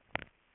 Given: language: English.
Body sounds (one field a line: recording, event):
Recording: throat vibration sensor signal played as sound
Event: swallow